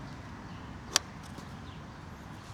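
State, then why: Seated. An Ortlieb Fork-Pack 4.1L fork-mounted bike bag is pushed down through the grooves of its plastic mount. A single sharp click at 1.0 s is heard against quiet background noise. The bag locks into the mount and is held firmly.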